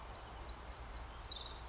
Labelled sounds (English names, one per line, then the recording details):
Orange-crowned Warbler
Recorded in Sonoma County, California